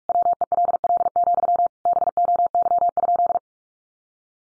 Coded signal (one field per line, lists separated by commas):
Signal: Morse code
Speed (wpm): 44 wpm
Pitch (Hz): 700 Hz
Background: none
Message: WELL, BOY?